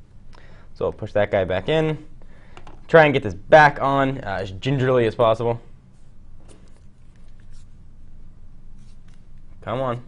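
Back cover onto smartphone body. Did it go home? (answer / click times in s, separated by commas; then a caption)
no / none. Someone talks while gently lining up the back cover of a BlackBerry Porsche Design P'9881 smartphone on its body, with faint small contacts heard as it is positioned. Nothing has snapped on or clicked into place yet.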